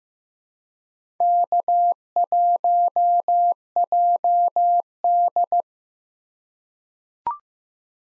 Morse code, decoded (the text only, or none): K1JD